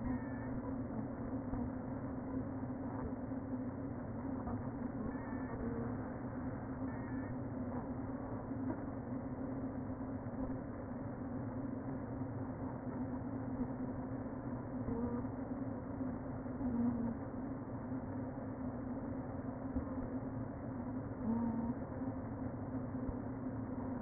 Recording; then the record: honeybee colony, microphone inside the hive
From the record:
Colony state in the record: queen present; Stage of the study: before two queens were removed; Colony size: about 60,000 bees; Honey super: yes